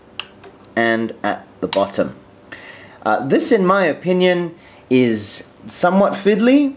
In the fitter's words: you simply replace the entire face of the preamp making sure that it snaps into place both at the top and at the bottom